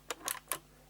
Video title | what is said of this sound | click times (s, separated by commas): Trying to FIX - Doctor Who TARDIS Money Box (QUICK VERSION) | fine you can hear that click just like the bin lid | 0.5 s